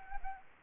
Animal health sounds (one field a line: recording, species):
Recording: mosquito wingbeat signal from an infrared sensor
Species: Anopheles gambiae